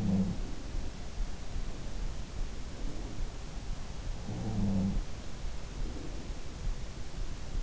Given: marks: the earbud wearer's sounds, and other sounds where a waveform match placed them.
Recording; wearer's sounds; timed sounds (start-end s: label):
sounds in sleep by an in-ear microphone; breath
0.00-0.85 s: sound from someone else or the room
2.44-3.61 s: breath
4.11-5.14 s: sound from someone else or the room
5.66-6.74 s: breath